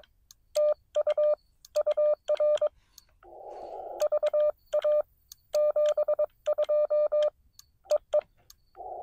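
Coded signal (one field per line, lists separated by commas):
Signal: Morse code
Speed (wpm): 21 wpm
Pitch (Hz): 600 Hz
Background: none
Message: TU UR VA 72 EE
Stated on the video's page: CW park activation using a Xiegu X6100 on 20 metres with an end-fed half-wave antenna.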